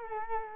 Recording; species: mosquito wingbeat signal from an infrared sensor; Culex quinquefasciatus